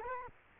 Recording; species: mosquito wingbeat signal from an infrared sensor; Culex quinquefasciatus